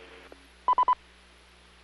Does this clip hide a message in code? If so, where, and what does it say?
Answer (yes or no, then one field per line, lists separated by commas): no